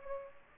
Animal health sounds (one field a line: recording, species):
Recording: mosquito wingbeat signal from an infrared sensor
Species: Culex pipiens